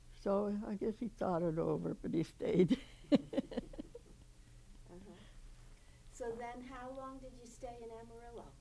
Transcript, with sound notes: So I guess he thought it over but he stayed. [laughs]
Uh-huh. So then how long did you stay in Amarillo?